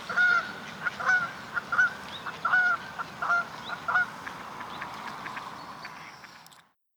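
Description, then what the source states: Bird honking in a loose series of about six short nasal calls over steady background noise. Canada.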